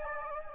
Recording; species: mosquito wingbeat signal from an infrared sensor; Anopheles gambiae